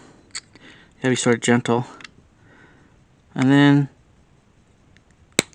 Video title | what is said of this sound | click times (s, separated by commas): Watch Battery Replacement | you pop it and you hear a snap | 5.4 s